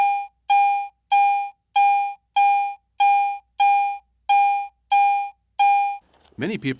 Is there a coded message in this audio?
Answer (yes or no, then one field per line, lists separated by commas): no